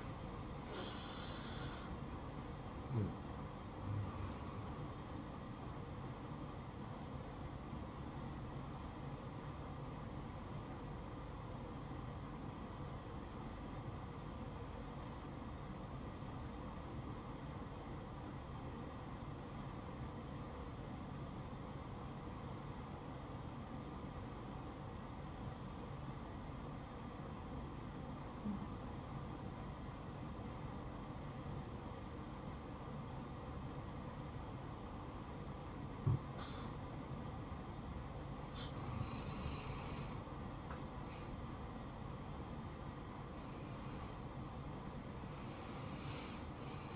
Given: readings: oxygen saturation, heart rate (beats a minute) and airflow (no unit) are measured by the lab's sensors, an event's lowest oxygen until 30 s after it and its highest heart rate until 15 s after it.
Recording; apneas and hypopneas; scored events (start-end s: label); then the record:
breathing in sleep by a smartphone at the bedside; 1
9.00-38.90 s: obstructive apnea (N1, oxygen 96% highest, then 86% lowest, heart rate 71 at the start, 71 highest)
27.00-46.96 s: new sleep stage, N2 (light sleep)
From the record:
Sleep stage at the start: N1 (lightest sleep); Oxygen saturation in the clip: 86 to 96%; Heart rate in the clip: 59 to 71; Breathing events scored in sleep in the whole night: 573 in 9.8 hours asleep